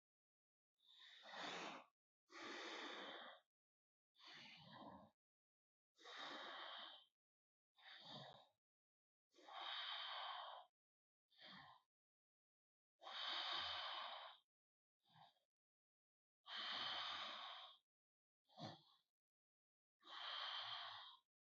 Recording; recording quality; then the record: deep breathing; excellent, no background noise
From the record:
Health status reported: healthy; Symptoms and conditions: hypertension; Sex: male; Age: 55 years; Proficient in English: yes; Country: India